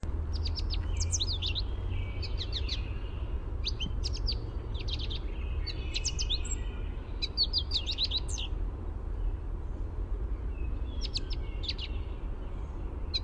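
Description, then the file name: American goldfinch contact song: recurring bouts of high chattering notes and short slurs over a steady low rumble. Contact song, a "sweeet" note. "AMGO contact song sweeet"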